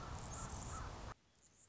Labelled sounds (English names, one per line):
Anna's Hummingbird